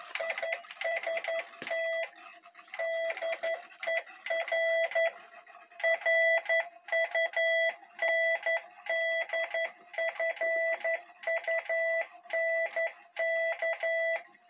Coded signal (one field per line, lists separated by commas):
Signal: Morse code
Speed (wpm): 11 wpm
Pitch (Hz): 660 Hz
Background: none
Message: IST DER RUNDFUNK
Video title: Hell Morsegeber